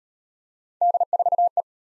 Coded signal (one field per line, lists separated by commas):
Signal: Morse code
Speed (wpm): 34 wpm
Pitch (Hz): 700 Hz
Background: none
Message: D4E